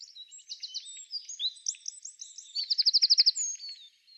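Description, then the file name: Eurasian wren delivering a dense, high-pitched jumble of chirps and looping notes, climaxing in a clear rapid trill near the end. "Troglodytes troglodytes"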